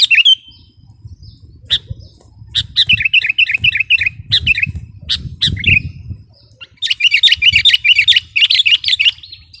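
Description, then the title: Sooty-headed bulbul song: bubbly chirped phrases and brief fast chatter over a steady low rumble of background noise. "kutilang"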